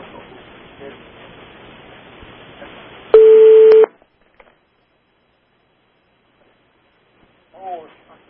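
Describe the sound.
A loud, steady electronic telephone tone sounds once for under a second as a call is passed through to the phone used to connect to Truth Radio, cutting in over low background murmur, followed by silence and a brief voice.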